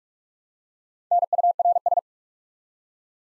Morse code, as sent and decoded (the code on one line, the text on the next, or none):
-. ..- .-. ...
NURS